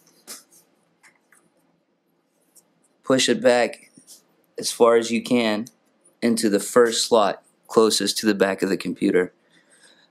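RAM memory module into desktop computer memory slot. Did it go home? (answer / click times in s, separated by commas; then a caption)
no / none. The second RAM memory module for a 2009–2011 21.5-inch iMac desktop computer is picked up and turned with its shorter side on the left, ready to be pushed into the first memory slot closest to the back of the computer. Faint handling taps sound near 0.1, 1.2, 1.3 and 2.9 seconds, then someone talks from about 3 seconds to the end. Nothing has seated or clicked yet.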